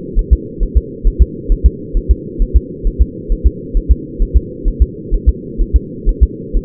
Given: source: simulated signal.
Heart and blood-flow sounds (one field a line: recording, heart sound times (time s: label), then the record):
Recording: fetal heart sounds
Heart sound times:
0.19 s: S1
0.33 s: S2
0.63 s: S1
0.77 s: S2
1.07 s: S1
1.22 s: S2
1.52 s: S1
1.66 s: S2
1.97 s: S1
2.11 s: S2
2.42 s: S1
2.56 s: S2
2.87 s: S1
3.01 s: S2
3.32 s: S1
3.46 s: S2
3.77 s: S1
3.91 s: S2
4.22 s: S1
4.37 s: S2
4.68 s: S1
4.82 s: S2
5.14 s: S1
5.29 s: S2
5.61 s: S1
5.76 s: S2
6.09 s: S1
6.23 s: S2
6.57 s: S1
From the record:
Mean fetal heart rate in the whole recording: 130 bpm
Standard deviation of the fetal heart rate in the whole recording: 4 bpm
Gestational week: 38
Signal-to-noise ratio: -4.1 dB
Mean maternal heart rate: no maternal heart sound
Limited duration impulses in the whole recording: absent